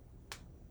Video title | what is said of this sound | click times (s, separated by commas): HOW TO CROCHET BASICS LEFT HANDED - AMIGURUMI FOR BEGINNERS: Crochet your First Amigurumi | right now you're going to hear the popping sound | 0.3 s